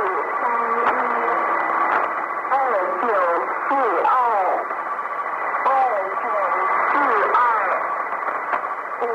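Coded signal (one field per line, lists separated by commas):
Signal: numbers station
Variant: New Star Broadcasting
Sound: a voice speaking steadily over a shortwave channel, muffled and band-limited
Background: radio static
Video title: The Conet Project 013 - New Star Broadcasting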